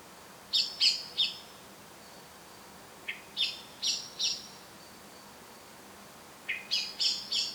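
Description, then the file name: Common blackbird calling with quick, high, hard notes in three short bursts of three or four notes each. "Turdus merula"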